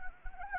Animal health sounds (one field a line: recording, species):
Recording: mosquito wingbeat signal from an infrared sensor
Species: Anopheles arabiensis